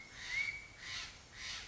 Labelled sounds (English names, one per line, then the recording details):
Steller's Jay
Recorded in Sonoma County, California